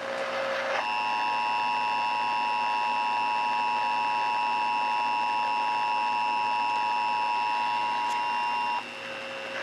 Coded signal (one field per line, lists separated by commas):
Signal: Emergency Alert System (SAME) tones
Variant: 853 and 960 Hz attention tone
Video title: NC ACTUALLY USED IPAWS OPEN - NC AMBER ALERT (01/14/2022) - EAS #13